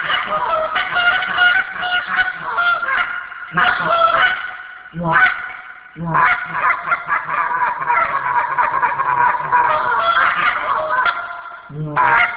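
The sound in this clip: Goose: geese honking almost without pause, loud overlapping nasal calls from several birds, broken by a few brief gaps.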